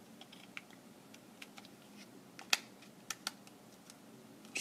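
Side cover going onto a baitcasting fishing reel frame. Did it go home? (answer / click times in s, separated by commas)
yes / 2.5 s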